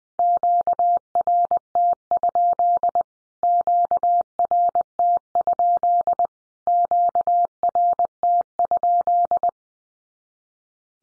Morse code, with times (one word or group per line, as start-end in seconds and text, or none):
0.2-3.0 QRT?
3.4-6.3 QRT?
6.7-9.5 QRT?